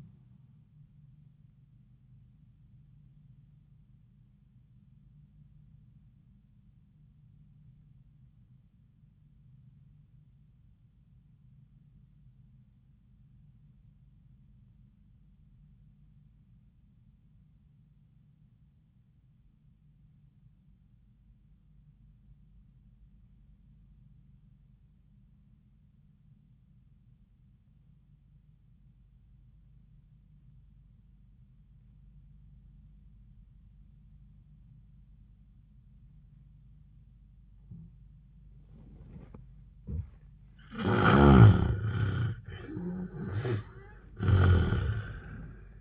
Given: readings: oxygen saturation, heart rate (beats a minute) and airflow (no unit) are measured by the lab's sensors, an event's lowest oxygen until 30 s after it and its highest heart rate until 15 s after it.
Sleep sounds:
breathing in sleep by a smartphone at the bedside; 1
8.00-40.80 s: obstructive apnea (N1, oxygen 96% highest, then 68% lowest, heart rate 71 at the start, 91 highest)
From the record:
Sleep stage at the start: N1 (lightest sleep); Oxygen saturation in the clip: 67 to 96%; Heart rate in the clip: 71 to 78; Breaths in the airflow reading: 2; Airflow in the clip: -16.9 to 11.0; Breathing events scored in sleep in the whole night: 400 in 8.7 hours asleep

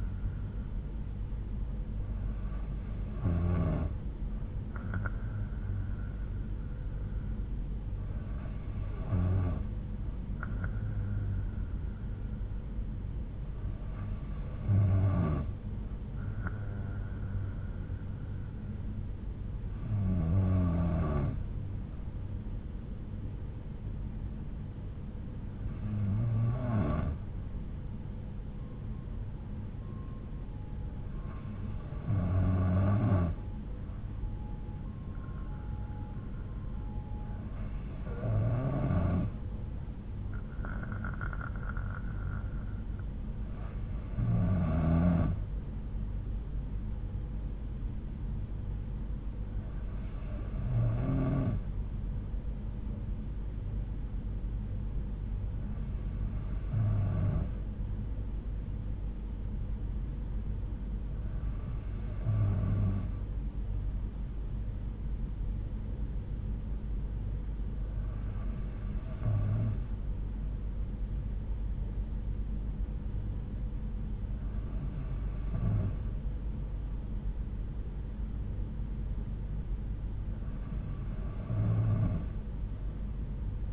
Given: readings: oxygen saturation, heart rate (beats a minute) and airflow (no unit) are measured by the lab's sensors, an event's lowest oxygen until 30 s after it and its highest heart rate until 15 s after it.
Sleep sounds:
breathing in sleep by a smartphone at the bedside; none
none scored
From the record:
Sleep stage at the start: N2 (light sleep); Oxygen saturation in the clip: 91 to 93%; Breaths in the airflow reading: 14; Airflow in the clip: -6.5 to 4.1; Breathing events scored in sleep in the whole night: 368 in 8.0 hours asleep

